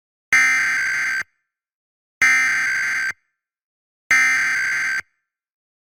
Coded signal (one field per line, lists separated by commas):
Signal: Emergency Alert System (SAME) tones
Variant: header bursts